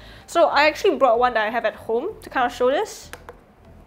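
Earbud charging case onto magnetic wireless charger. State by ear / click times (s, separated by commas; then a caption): seated / 3.3 s. Someone talks, then an Apple AirPods 3rd Gen charging case, which is MagSafe compatible, is placed onto a magnetic MagSafe wireless charger puck. It snaps into place magnetically with a single sharp tick at 3.3 s, and the case is seated.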